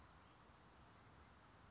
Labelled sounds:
Anna's Hummingbird
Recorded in Sonoma County, California

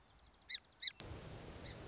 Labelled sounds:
Song Sparrow
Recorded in Sonoma County, California

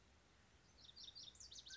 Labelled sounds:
Mountain Quail
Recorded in Sonoma County, California

